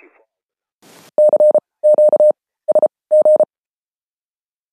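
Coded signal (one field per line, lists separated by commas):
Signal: Morse code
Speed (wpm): 33 wpm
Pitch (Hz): 600 Hz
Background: none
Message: CQ SG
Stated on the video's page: Amateur radio signals heard through a WebSDR receiver, such as the University of Twente WebSDR.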